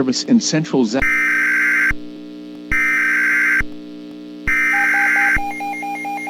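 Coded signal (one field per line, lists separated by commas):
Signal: Emergency Alert System (SAME) tones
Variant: header bursts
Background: speech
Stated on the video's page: Fictional mock EAS alert featuring an invented character.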